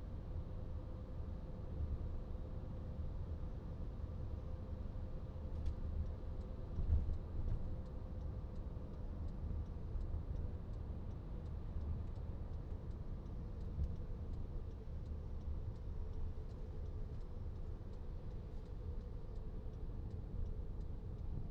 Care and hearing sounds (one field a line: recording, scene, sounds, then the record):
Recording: everyday scene through a hearing-aid microphone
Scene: in a vehicle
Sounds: engine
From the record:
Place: VW T5 Caravelle, diesel engine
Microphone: in the ear canal, right